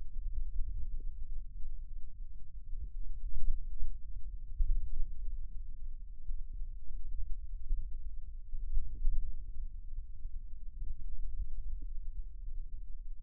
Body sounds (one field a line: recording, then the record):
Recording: forearm muscle sounds (acoustic myography)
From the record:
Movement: ulnar deviation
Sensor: system 2, bracelet of six BSWA MPA416 microphones around the upper forearm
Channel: 1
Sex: male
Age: 22 years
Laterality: right